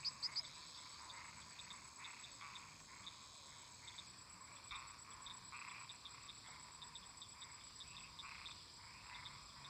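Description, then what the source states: Frogs and toads: frog chorus of overlapping short croaking notes, dense and irregular, with a steady high insect-like hiss above and a few brief bright chirps at the start. Many toads and frogs calling together in a marsh.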